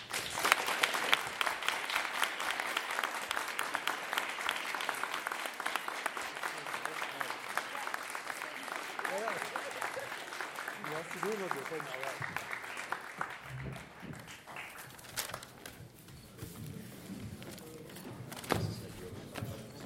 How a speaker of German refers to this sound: Und jetzt bitte ich nochmal einen kräftigen Applaus für unsere Sprecher.